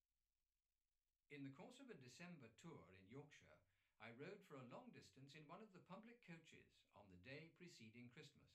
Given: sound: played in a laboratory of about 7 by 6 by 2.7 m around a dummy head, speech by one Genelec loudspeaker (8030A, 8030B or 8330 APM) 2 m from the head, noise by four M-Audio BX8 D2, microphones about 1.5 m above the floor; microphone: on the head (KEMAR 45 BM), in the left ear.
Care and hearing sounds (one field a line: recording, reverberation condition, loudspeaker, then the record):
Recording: male speech in English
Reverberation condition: low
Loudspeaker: behind (180 degrees)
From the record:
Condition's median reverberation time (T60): about 310 ms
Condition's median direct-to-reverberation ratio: about 3.5 dB